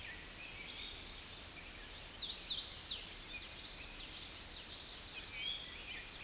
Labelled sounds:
Hooded Warbler song

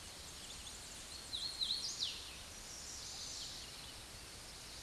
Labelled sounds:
Hooded Warbler song

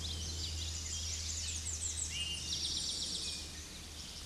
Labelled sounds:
Eastern Towhee song

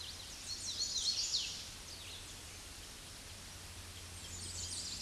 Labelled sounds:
Hooded Warbler song

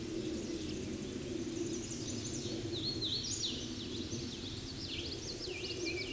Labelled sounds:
Hooded Warbler song

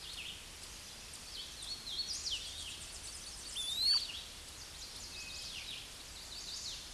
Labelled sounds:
Hooded Warbler song

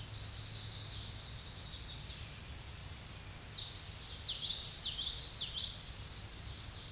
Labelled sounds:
Common Yellowthroat song

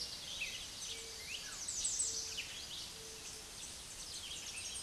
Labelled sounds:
American Redstart song

